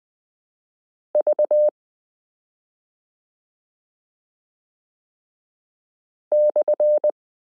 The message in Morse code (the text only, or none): V /